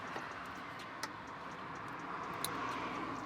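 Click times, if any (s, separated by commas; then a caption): 2.4 s. A brake light wiring harness plug for an F1 brake light on a Subaru WRX STI is pushed into its mating harness connector on the car. A short, sharp click at 2.4 seconds marks it snapping in and seating, with an earlier brief tick at 1.0 seconds over a steady background hiss.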